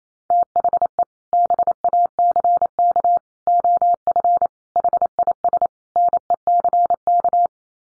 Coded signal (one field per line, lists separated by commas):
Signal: Morse code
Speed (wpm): 28 wpm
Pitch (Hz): 700 Hz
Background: none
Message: THE BACK OF HIS NECK